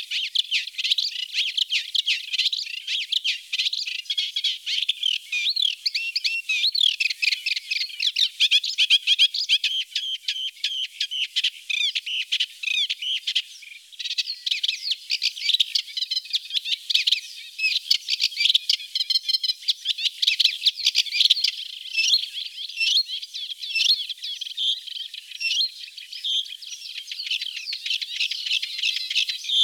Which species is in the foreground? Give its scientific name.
Acrocephalus scirpaceus